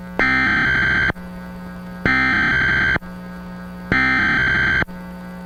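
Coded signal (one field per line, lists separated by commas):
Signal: Emergency Alert System (SAME) tones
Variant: header bursts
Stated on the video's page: Fictional EAS scenario.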